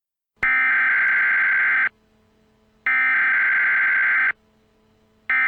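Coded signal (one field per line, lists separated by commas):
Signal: Emergency Alert System (SAME) tones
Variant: header bursts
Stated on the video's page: Fictional EAS scenario, a Christmas special.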